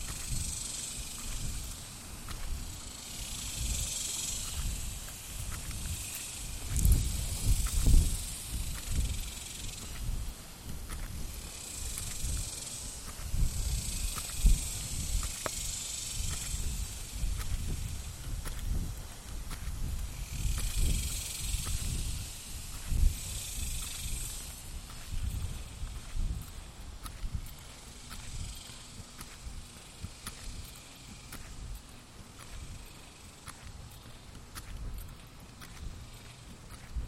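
A neighborhood walk with constant low rumbling, scattered light ticks, and high hissing that swells and fades every few seconds, quieter after 25 seconds.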